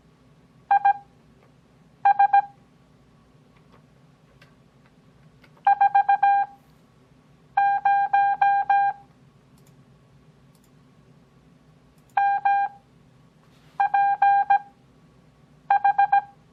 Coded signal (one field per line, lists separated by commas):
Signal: Morse code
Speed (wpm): 17 wpm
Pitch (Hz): 800 Hz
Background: none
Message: IS 40 MPH